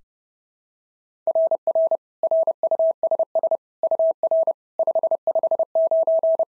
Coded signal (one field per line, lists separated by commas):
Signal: Morse code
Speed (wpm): 26 wpm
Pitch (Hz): 650 Hz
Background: none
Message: RR RUSS UR 559